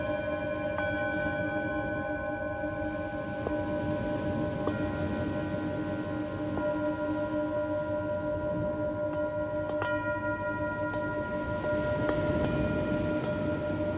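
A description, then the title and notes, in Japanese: Singing bowls ring in sound healing, their long sustained tones layered and humming steadily throughout. New strikes or ring-ups appear every couple of seconds, adding brighter overtones near 1, 3.5, 4.7, 6.5, 10 and 12 seconds. A low rumbling murmur sits underneath the whole time. 秋分メキシコから シンギングボウルのサウンドヒーリング。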